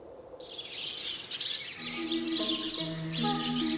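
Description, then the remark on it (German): A dense chorus of birds, eight birds on three wires, chirping starts after a brief quiet moment and continues throughout, with a series of steady, sustained musical tones joining underneath in the second half. “Mit 8 Vögeln auf 3 Drähten.”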